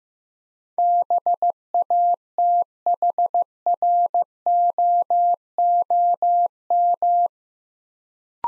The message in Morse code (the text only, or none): BATHROOM